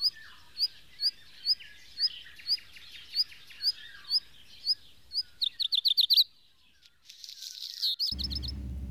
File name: bioakusztika hazirozsdafarku